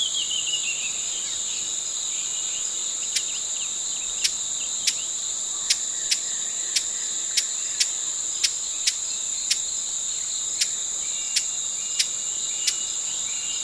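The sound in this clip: Broad-billed hummingbird chips begin after a few seconds of steady insect droning, then continue as dry ticks spaced about a second or less apart.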